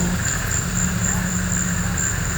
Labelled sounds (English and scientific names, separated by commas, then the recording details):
none
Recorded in pastures near Puerto Asís, Putumayo, Colombia, on 26 December 2024 at 17:00
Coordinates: 0.466, -76.322
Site G040